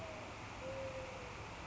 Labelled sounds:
Mourning Dove (Zenaida macroura)
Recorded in Sonoma County, California

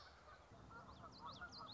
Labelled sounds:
Common Yellowthroat (Geothlypis trichas)
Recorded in Sonoma County, California

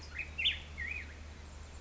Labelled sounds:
Black-headed Grosbeak (Pheucticus melanocephalus)
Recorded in Sonoma County, California

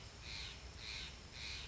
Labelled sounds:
Steller's Jay (Cyanocitta stelleri)
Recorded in Sonoma County, California

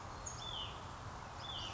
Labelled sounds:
Hutton's Vireo (Vireo huttoni)
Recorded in Sonoma County, California

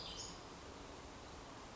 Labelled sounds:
Western Flycatcher (Empidonax difficilis)
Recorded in Sonoma County, California

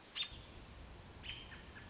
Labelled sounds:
American Robin (Turdus migratorius)
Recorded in Sonoma County, California

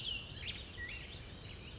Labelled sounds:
Black-headed Grosbeak (Pheucticus melanocephalus)
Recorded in Sonoma County, California

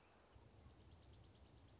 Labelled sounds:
Dark-eyed Junco (Junco hyemalis)
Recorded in Sonoma County, California

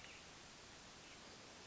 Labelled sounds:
Hermit Thrush (Catharus guttatus)
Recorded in Sonoma County, California

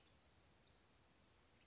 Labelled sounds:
Western Flycatcher (Empidonax difficilis)
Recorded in Sonoma County, California

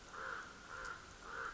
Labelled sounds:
Common Raven (Corvus corax)
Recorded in Sonoma County, California

